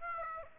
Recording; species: mosquito wingbeat signal from an infrared sensor; Aedes aegypti